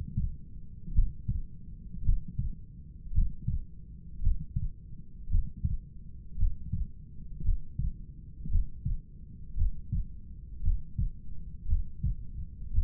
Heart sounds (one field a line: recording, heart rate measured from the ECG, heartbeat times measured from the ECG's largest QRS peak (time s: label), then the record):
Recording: heart sounds by stethoscope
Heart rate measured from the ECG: 56 bpm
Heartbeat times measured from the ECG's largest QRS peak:
0.95 s: heartbeat
2.05 s: heartbeat
3.14 s: heartbeat
4.23 s: heartbeat
5.31 s: heartbeat
6.39 s: heartbeat
7.44 s: heartbeat
8.51 s: heartbeat
9.57 s: heartbeat
10.63 s: heartbeat
11.68 s: heartbeat
12.74 s: heartbeat
From the record:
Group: heart failure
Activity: Valsalva maneuver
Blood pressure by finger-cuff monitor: 114/78 mmHg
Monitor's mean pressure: 89 mmHg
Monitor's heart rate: 56 bpm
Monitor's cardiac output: 4.8 L/min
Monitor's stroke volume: 88 mL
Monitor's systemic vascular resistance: 1310 dyn s/cm5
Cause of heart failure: idiopathic cardiomyopathy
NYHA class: 1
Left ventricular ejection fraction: 50%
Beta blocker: bisoprolol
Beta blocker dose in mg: 5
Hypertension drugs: candesartan, spironolactone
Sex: male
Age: 54 years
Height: 180 cm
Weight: 94.6 kg